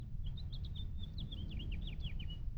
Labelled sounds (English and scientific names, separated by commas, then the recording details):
House Finch (Haemorhous mexicanus) song
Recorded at Hewlett Harbor on Long Island, New York, on 10 June 1975
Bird E